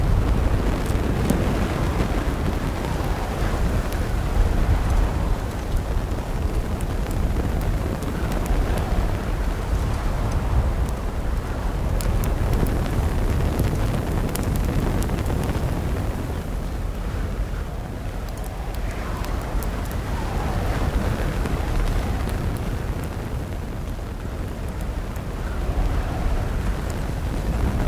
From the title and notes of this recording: Soothing Sounds of a Crackling Fire and Rustling Wind. The gentle roar of the flames and the rustling of the wind. The comforting sounds of a crackling campfire on a windy day.